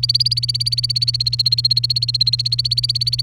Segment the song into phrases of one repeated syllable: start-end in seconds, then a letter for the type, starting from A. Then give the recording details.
0.00-3.23 A. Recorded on 29 April 2018 at 07:03. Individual llb3